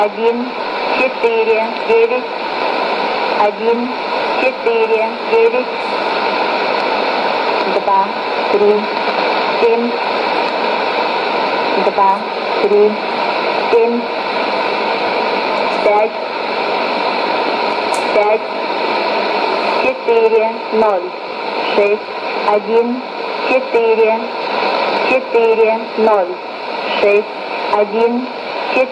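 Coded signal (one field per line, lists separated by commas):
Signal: numbers station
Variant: S06s, Russian female voice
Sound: a female voice reading short, evenly spaced words through heavy radio static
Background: radio static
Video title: 15 06 2020 S06s Russian Lady numbers station in Russian to Eu 1214 on 12165 unknown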